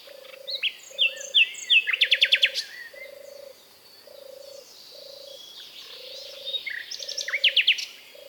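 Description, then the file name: Common nightingale song, a few spaced notes then a loud stuttering trill, and later another rapid burst, over regular low pulses. "British Library - European Nightingale(Luscinia megarhynchos)"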